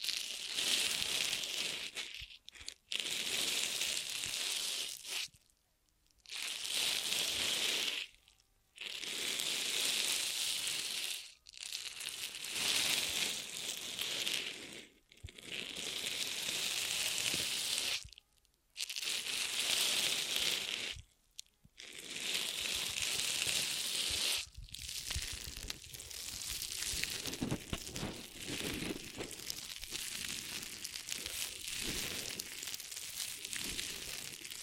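Ear massage triggers: bursts of dense, bright crinkling and rubbing, each lasting a few seconds and separated by short silences, becoming continuous after 25 seconds.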